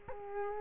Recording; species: mosquito wingbeat signal from an infrared sensor; Culex quinquefasciatus